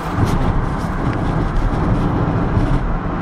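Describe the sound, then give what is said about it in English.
A car drives along behind a bus, filling the moment with a steady, loud low rumble of engine and road noise and a faint airy hiss above it, with no voices. “We get in front of this bus and I'll take it.”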